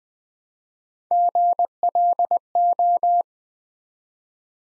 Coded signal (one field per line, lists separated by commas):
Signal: Morse code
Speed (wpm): 20 wpm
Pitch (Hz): 700 Hz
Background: none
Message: GLO